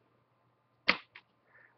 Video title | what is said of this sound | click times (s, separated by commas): Samsung NP300V5A Laptop Screen Replacement Procedure | and listen for snapping sounds | 0.9 s